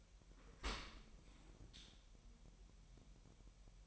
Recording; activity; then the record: daily activity, microphone in the room; open dishwasher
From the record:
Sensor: 1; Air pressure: 1000.4 hPa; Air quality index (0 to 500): 247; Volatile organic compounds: 141 ppm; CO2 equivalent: 3980 ppm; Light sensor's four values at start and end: 11/27/11/12 and 11/27/11/12